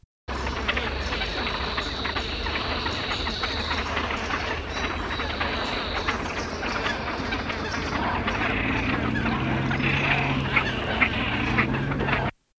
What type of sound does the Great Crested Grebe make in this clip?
call